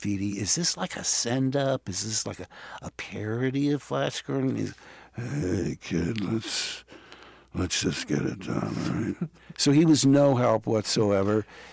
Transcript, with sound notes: Is this like a send-up? Is this like a parody of "Flash Gordon"? He's - (impersonating Harrison Ford) hey, kid, let's just get it done, all right?
So he was no help whatsoever.